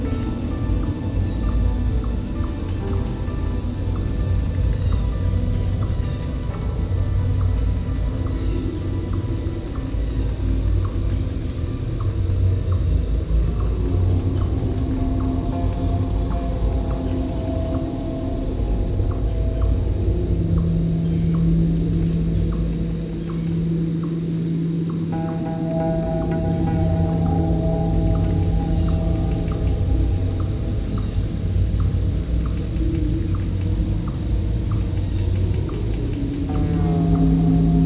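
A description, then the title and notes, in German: Inside a Shiva temple, a dense, steady murmur of low rumbling sound fills the space, with a thin high insect-like whine holding throughout. Soft regular ticking repeats about once a second, and low sustained hums rise in from around twenty seconds. Tempel - Shiva Tempel Somnathpura.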